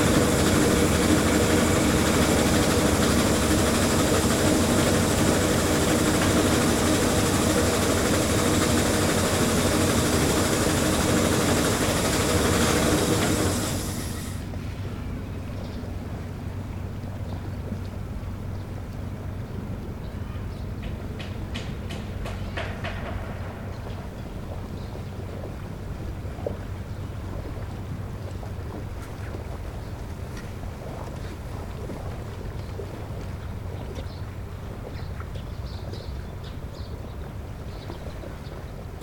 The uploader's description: Boat pass and wake. Fishing net lower. Machine.